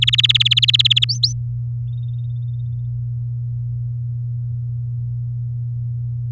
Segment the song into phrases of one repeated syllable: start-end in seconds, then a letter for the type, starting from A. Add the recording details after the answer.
0.02-1.05 A, 1.09-1.33 B. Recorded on 8 May 2018 at 06:22. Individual llb16